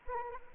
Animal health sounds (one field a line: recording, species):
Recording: mosquito wingbeat signal from an infrared sensor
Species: Anopheles arabiensis